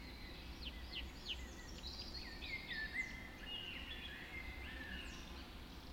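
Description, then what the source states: Dawn chorus with sharp downslurred whistles and twittering phrases from several birds overlapping, over a low continuous background hum. Dawn chorus recorded just after dawn in the Forest of Dean.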